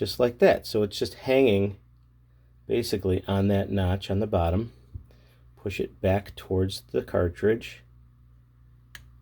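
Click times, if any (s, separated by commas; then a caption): 8.9 s. Someone talks while a toner chip, hooked on the notch at the bottom, is pushed back toward a plastic laser toner cartridge. A short, sharp click at 8.9 s marks the chip snapping into its slot in the cartridge housing, seated in place.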